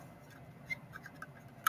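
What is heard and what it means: A plastic mace holder is plugged into a small hole on the back of a model figure, and it seats. Faint ticks and light plastic handling at about 0.7, 1.0, 1.1 and 1.2 seconds lead up to one sharp, loud click at 1.7 seconds as the holder goes into place.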